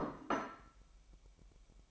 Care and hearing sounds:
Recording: daily activity, microphone in the room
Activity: place plate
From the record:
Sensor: 1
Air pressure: 1002.0 hPa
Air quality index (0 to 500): 243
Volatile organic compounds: 48 ppm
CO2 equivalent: 3266 ppm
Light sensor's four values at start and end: 8/28/10/11 and 8/28/10/11

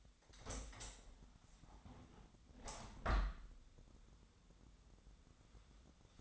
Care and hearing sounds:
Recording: daily activity, microphone in the room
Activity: open window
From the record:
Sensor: 3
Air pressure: 1006.6 hPa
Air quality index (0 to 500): 209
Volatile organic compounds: 19 ppm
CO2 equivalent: 2668 ppm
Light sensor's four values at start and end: 10/24/10/10 and 11/25/10/10

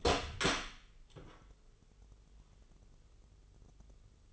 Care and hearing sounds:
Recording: daily activity, microphone in the room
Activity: open door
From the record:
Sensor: 4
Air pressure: 996.9 hPa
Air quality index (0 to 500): 40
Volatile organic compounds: 1 ppm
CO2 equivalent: 638 ppm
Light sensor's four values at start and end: 19/45/18/19 and 18/42/17/17

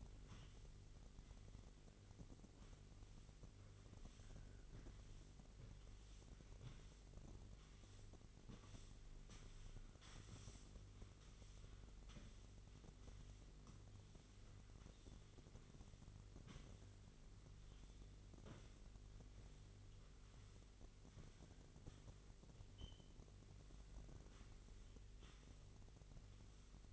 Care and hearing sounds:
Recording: daily activity, microphone in the room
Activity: sweep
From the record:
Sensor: 4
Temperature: 27.9 degrees Celsius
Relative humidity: 34.3%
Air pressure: 1002.4 hPa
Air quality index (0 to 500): 216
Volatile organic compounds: 12 ppm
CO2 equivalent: 2330 ppm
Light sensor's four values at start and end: 20/69/25/25 and 19/69/25/25

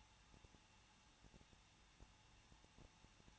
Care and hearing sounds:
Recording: daily activity, microphone in the room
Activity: no activity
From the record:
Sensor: 1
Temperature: 20.1 degrees Celsius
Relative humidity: 39.1%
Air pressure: 1006.3 hPa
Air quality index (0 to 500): 217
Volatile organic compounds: 76 ppm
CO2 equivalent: 3572 ppm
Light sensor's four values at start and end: 1/2/1/1 and 1/2/1/1

